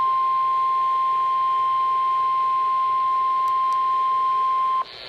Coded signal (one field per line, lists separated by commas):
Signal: Emergency Alert System (SAME) tones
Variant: 1050 Hz attention tone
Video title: Special Marine Warning- EAS #33